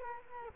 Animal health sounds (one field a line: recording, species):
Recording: mosquito wingbeat signal from an infrared sensor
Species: Culex quinquefasciatus